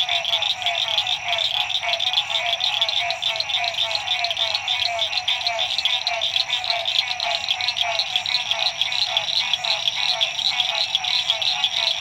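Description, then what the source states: Frog chorus, many callers producing rapid pulsed trills that blend into a continuous, shimmering high-pitched din. Frogs at dusk at La Rue PH, Illinois.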